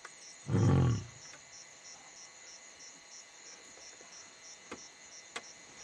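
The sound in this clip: Lion giving a single deep grunt near the start, followed by quiet background with faint insect hum.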